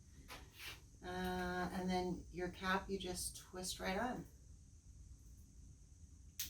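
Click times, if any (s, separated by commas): 6.4 s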